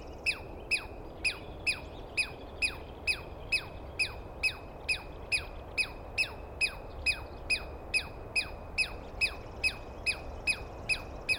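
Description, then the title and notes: Douglas squirrel calling, a steady series of sharp, downward-sweeping notes, a little over two every second, loud and evenly paced. Douglas pine squirrel screaming at length at dawn, morning of 21 April 2017, East Cascades; recordist woken by it; identified by sound, not clearly seen. "On the morning of 21 April, 2017, I set up my microphones and recorder for a nice dawn recording in the East Cascades. I was started awake by a screaming Douglas Pine Squirrel."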